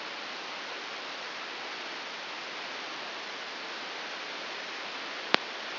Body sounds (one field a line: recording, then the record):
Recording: brain microelectrode recording played as sound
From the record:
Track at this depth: inside the subthalamic nucleus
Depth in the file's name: 4.208 mm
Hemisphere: right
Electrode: 3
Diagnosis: Parkinson's disease